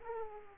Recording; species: mosquito wingbeat signal from an infrared sensor; Aedes aegypti